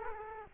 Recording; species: mosquito wingbeat signal from an infrared sensor; Culex quinquefasciatus